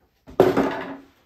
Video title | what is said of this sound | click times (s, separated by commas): The Install of Adjustable Legs for a Kitchen Cabinet Build | it just snaps into place now this is too high for this and | 0.4 s